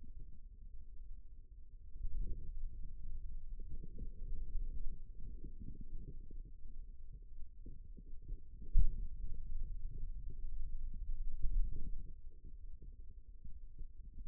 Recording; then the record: forearm muscle sounds (acoustic myography)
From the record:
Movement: finger pinch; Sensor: system 2, bracelet of six BSWA MPA416 microphones around the upper forearm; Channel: 4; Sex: female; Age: 25 years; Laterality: right